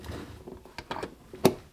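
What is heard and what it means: The quick-connect plug on the positive battery cable is pushed into the positive terminal socket of a Humsienk 48V LFP wall-mount battery. A few soft handling taps come first, then a sharp, short click at 1.5 s as the plug seats and connects.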